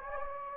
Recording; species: mosquito wingbeat signal from an infrared sensor; Anopheles gambiae